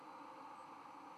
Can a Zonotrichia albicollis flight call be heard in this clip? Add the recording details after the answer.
no. Another species' flight call is heard. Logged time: 00:54 on 31 October 2014